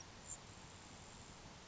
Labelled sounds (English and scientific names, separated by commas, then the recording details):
Grasshopper Sparrow (Ammodramus savannarum)
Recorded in Sonoma County, California